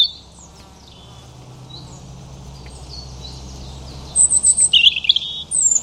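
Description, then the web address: European robin song: low rumbling background for several seconds, then a short, high, twittering phrase of squeaky notes near the end. "cianscape birddata Deverinetal 2025 Bird Only Er Ru"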